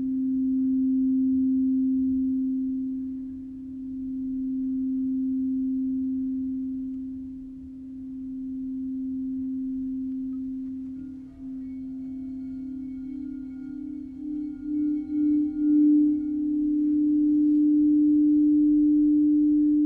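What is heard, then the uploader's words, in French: A crystal bowl hums one steady low tone with a slow pulsing swell, joined after about eleven seconds by faint, high ringing chime overtones. Une méditation sonore accompagnée de bols en crystal et de carillons.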